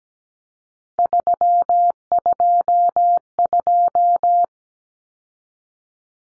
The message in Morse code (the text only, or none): 322